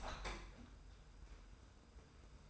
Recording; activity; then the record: daily activity, microphone in the room; open window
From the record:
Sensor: 2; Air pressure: 990.2 hPa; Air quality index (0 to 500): 205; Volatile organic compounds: 1000 ppm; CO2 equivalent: 6585 ppm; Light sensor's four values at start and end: 23/54/22/22 and 24/56/23/23